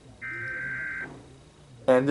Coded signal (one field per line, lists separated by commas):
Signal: Emergency Alert System (SAME) tones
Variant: header bursts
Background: speech